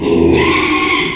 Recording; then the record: squeal of a Yucatan mini pig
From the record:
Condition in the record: after surgery on the right vocal fold (resection and tissue-engineered implant); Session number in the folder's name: 1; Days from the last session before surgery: 6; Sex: male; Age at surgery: 12 weeks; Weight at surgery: 13 kg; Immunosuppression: cyclosporine, prednisolone